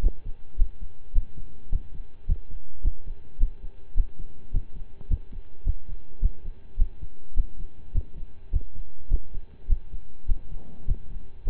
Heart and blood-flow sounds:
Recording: heart sounds by stethoscope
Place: between the tricuspid and mitral areas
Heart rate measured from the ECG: 105 bpm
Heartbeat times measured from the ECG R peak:
0.01 s: heartbeat
0.56 s: heartbeat
1.13 s: heartbeat
1.70 s: heartbeat
2.26 s: heartbeat
2.82 s: heartbeat
3.38 s: heartbeat
3.94 s: heartbeat
4.51 s: heartbeat
5.08 s: heartbeat
5.64 s: heartbeat
6.20 s: heartbeat
6.76 s: heartbeat
7.34 s: heartbeat
7.92 s: heartbeat
8.50 s: heartbeat
9.08 s: heartbeat
9.67 s: heartbeat
10.26 s: heartbeat
10.85 s: heartbeat
11.44 s: heartbeat
From the record:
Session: slow and fast walking with breaks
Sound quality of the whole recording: saturated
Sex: male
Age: 25 years

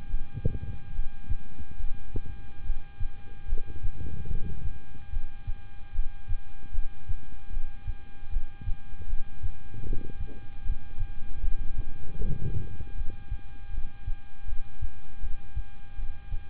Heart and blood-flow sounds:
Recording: heart sounds by stethoscope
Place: between the tricuspid and mitral areas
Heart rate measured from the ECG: 76 bpm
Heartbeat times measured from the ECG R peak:
0.07 s: heartbeat
0.92 s: heartbeat
1.77 s: heartbeat
2.63 s: heartbeat
3.46 s: heartbeat
4.27 s: heartbeat
5.10 s: heartbeat
5.92 s: heartbeat
6.72 s: heartbeat
7.50 s: heartbeat
8.29 s: heartbeat
9.06 s: heartbeat
9.83 s: heartbeat
10.63 s: heartbeat
11.41 s: heartbeat
12.18 s: heartbeat
12.95 s: heartbeat
13.71 s: heartbeat
14.46 s: heartbeat
15.20 s: heartbeat
15.96 s: heartbeat
From the record:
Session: rest, lying down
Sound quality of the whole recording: good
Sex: male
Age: 26 years

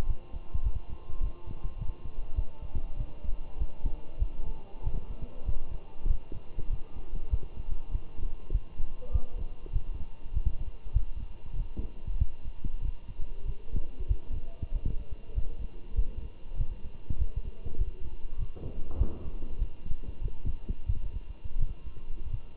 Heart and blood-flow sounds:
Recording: heart sounds by stethoscope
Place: between the tricuspid and mitral areas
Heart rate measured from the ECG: 97 bpm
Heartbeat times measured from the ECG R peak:
0.07 s: heartbeat
0.64 s: heartbeat
1.21 s: heartbeat
1.79 s: heartbeat
2.36 s: heartbeat
2.97 s: heartbeat
3.59 s: heartbeat
4.20 s: heartbeat
4.84 s: heartbeat
5.46 s: heartbeat
6.08 s: heartbeat
6.70 s: heartbeat
7.31 s: heartbeat
7.92 s: heartbeat
8.53 s: heartbeat
9.13 s: heartbeat
9.73 s: heartbeat
10.34 s: heartbeat
10.94 s: heartbeat
11.57 s: heartbeat
12.19 s: heartbeat
12.82 s: heartbeat
13.46 s: heartbeat
14.09 s: heartbeat
14.73 s: heartbeat
15.35 s: heartbeat
15.96 s: heartbeat
16.58 s: heartbeat
17.19 s: heartbeat
17.79 s: heartbeat
18.39 s: heartbeat
18.99 s: heartbeat
19.59 s: heartbeat
20.22 s: heartbeat
20.87 s: heartbeat
21.59 s: heartbeat
22.31 s: heartbeat
From the record:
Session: walking at 3.7 km/h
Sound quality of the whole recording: good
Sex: male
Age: 23 years

